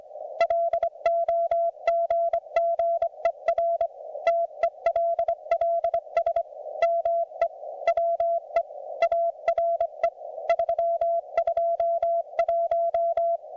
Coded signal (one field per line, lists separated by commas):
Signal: Morse code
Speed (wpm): 25 wpm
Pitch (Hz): 690 Hz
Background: none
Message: LOGGER TELLS ME WE ARE 321